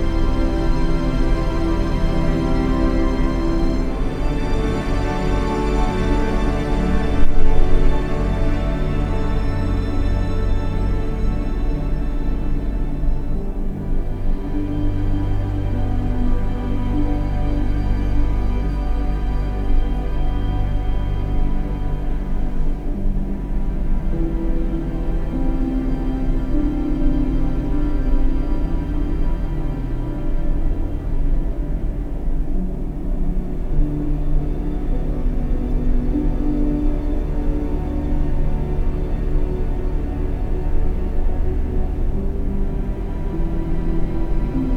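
A dense ambient drone of rushing wind, rain and machinery, anchored by a deep, heavy bass hum from a heating system. The layered texture stays steady and thick throughout, with slow swells in the low rumble and a brief louder bump around seven seconds.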